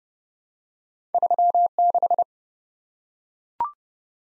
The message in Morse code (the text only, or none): 36